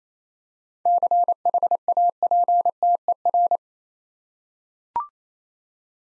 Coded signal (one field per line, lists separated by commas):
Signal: Morse code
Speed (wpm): 29 wpm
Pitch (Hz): 700 Hz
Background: none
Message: CHAPTER